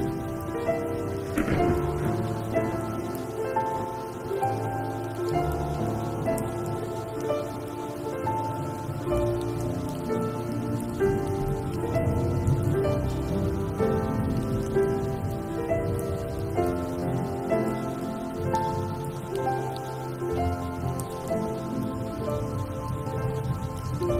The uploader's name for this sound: original sound tracks with rain